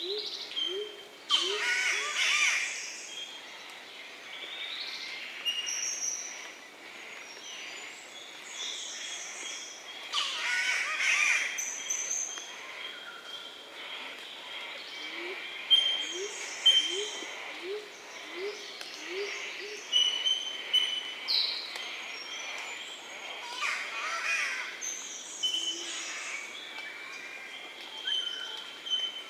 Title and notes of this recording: The Daintree Rainforest. Eastern whipbird/Cicada/Spotted catbird/Graceful honeyeater/Bees/Green catbird/Torresian crow/australian crow/Yellow spotted honeyeater/Brown flyeater/Lewins flyeater/Brown cuckoo dove/Chowcilla